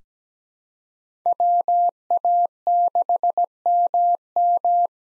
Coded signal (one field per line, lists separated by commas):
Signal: Morse code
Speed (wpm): 17 wpm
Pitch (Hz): 700 Hz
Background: none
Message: WA6MM